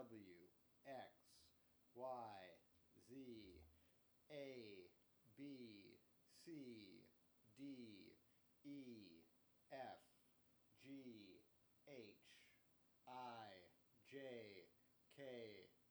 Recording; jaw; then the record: letters of the alphabet, spoken; free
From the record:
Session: first day, before the bite bar